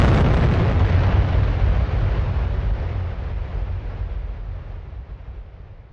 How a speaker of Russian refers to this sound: Даже через одежду я ощутил дикий жар. Следом пришла и взрывная волна от детонировавшего аккумулятора.